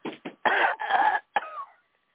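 Two brief dry coughs, then three longer, throaty voiced coughs: an elderly woman coughing on request.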